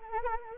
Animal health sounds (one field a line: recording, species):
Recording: mosquito wingbeat signal from an infrared sensor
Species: Anopheles arabiensis